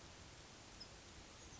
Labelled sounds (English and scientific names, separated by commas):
Oak Titmouse (Baeolophus inornatus)